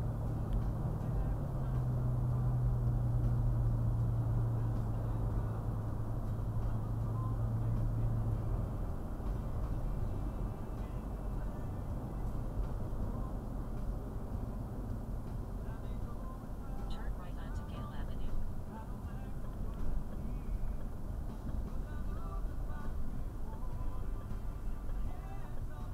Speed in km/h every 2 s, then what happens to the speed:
60, 60, 60, 60, 56, 55, 50, 45, 40, 39, 34, 27, 18.
0-6 steady at about 60. 6-26 slows to 18.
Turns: none.